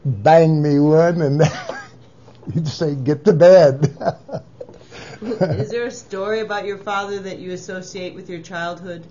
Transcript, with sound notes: bang me one (laughs) and say "Get to bed!" (laughs)
Is there a story about your father that you associate with your childhood?